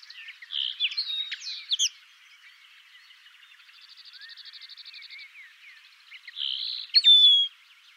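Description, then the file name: Common linnet song, a chattering twitter followed by a soft even buzzy trill and a final burst of clear whistled and chirping notes. "Linotte melodieuse"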